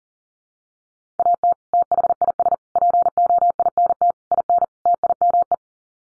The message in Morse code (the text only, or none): AT THIS POINT IN TIME